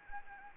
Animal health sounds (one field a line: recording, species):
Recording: mosquito wingbeat signal from an infrared sensor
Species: Anopheles gambiae